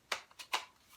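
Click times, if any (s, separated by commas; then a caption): none. A detachable paddle brush head is handled and pushed toward the handle of a 4-in-1 lightweight hot air blow dryer brush. Short broadband plastic rustles and scrapes are heard, with a sharp onset at 0.1 s, a faint tick at 0.3 s, and two more bursts around 0.4 s and 0.55 s. Nothing has seated or clicked yet.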